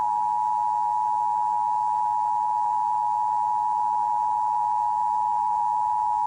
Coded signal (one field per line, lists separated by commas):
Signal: Emergency Alert System (SAME) tones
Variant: 853 and 960 Hz attention tone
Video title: EAS Mock/ANALOG HORROR: "Intruders" (SEIZURE WARNING)